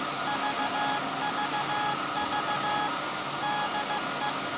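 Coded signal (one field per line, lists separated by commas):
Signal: Morse code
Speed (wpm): 15 wpm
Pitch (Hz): 840 Hz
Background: none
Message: VVV DE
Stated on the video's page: SAQ Alexanderson alternator from 1924, a pre-electronic VLF transmitter at Grimeton, Sweden, sending an anniversary message on UN Day, live.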